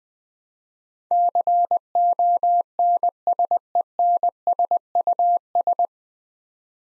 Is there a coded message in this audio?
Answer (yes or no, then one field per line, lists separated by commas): yes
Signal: Morse code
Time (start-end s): 1.1-5.9 s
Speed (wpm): 20 wpm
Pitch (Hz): 700 Hz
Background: none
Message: CONSENSUS